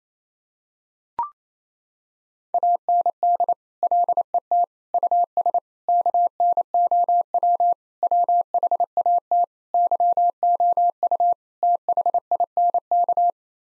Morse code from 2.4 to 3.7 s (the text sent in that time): AND